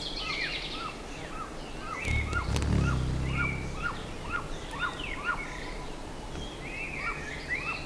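Bird calls, short down-slurred notes repeated in a quick series, with higher whistles from other birds and a brief low rumble.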